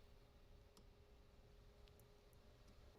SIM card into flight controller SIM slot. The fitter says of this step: You'll know the SIM card is installed when you hear that slight click and the SIM card stays deep inside the flight controller.